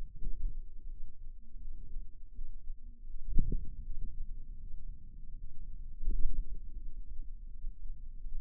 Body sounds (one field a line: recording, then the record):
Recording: forearm muscle sounds (acoustic myography)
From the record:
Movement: ulnar deviation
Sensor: system 2, bracelet of six BSWA MPA416 microphones around the upper forearm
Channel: 4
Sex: female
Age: 23 years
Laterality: right